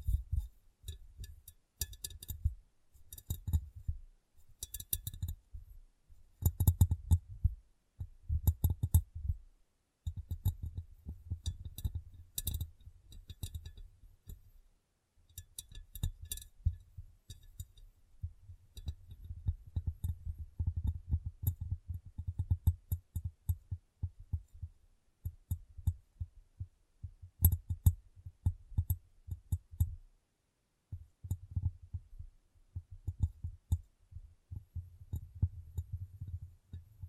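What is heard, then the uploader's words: Rapid, irregular tapping and rubbing on glass, mostly low dull thuds with sharp bright ticks, dense throughout with brief pauses near 10, 15 and 30 seconds. ASMR Glass Brain Tapping & Cleaning (No Talking).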